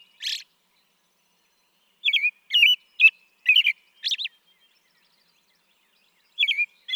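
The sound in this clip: American robin whistling clear, looping phrases in a quick run after a brief hissy note, then silence before two more phrases.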